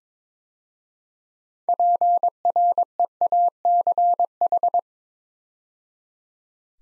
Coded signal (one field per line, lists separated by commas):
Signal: Morse code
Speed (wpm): 22 wpm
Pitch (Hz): 700 Hz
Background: none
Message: PREACH